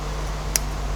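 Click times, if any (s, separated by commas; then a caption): 0.6 s. A GoPro HERO12 Black action camera is pushed into its protective housing or mount frame the same way as before, over a steady low hum. A single short, sharp click sounds at 0.6 s as the camera snaps shut and seats in place.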